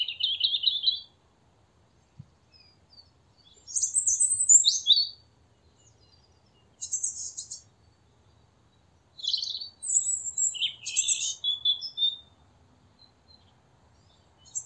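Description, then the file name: European robin song: short high phrases, some trilled, some squeaky, separated by quiet pauses. "Erithacus rubecula"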